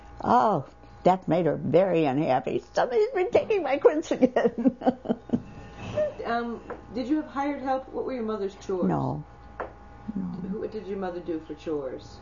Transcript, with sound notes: Oh, that made her very unhappy. "Somebody's been taking my quince again." ( she laughs )
Did you have hired help?
No.
What were your mother's chores?
No.
What did your mother do for chores?